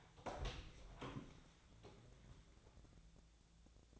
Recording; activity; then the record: daily activity, microphone in the room; open door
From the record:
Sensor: 3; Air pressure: 1000.5 hPa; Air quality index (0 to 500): 179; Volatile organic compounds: 4 ppm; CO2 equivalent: 1555 ppm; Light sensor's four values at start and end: 12/29/12/13 and 12/29/12/13